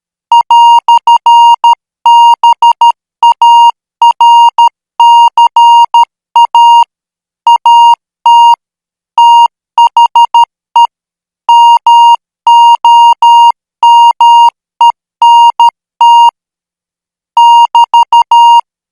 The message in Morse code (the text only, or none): "BARCA AT THE MOMENT <BT>